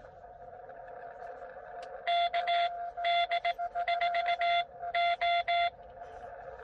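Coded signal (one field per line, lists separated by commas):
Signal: Morse code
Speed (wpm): 18 wpm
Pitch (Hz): 2050 Hz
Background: none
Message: KD4O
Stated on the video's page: QRP CW POTA activation at 5 watts from a Xiegu X6100, keyed with a home-brew cootie sideswiper, on 15 and 20 meters.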